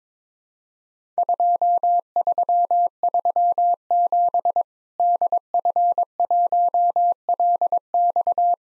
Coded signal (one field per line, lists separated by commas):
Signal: Morse code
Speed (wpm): 22 wpm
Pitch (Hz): 700 Hz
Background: none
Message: 2337 DF1LX